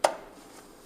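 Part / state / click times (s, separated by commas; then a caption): wash box into oven cavity / seated / 0.0 s. A wash box is pushed up into position inside a Lainox Oracle high speed oven and clicks into place at the back. One sharp, loud click lands at 0.1 s and then decays quickly into quiet. The wash box is seated.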